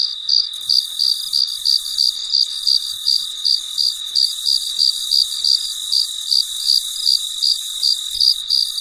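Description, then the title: Cricket sound: regular high chirps, close to three a second, against a continuous shrill background. Recorded late at night; described as very quiet and peaceful. "深夜录制蟋蟀昆虫声"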